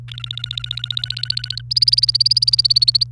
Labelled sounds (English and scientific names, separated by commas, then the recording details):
Domestic Canary (Serinus canaria) song
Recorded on 28 April 2018 at 10:45
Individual llb3